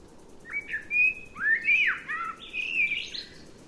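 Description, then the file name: Eurasian blackbird singing a short phrase of mellow whistles and slurred swoops, ending in a thin, higher squeaky flourish, with faint background hum. "Turdus merula"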